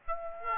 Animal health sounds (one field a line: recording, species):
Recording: mosquito wingbeat signal from an infrared sensor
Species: Aedes aegypti